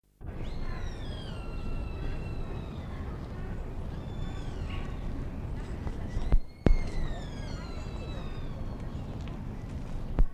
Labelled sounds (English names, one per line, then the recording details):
Sika Deer call
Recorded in captivity
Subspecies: hortulorum
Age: adult
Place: Zoo Berlin, Berlin, DE
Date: 1959-06-12 17:30
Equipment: Reporter (Vollspur)
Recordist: Tembrock, Günter
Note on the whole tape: Dybowskihirsch (bei Tembrock: C. n. dybowskii): Rufe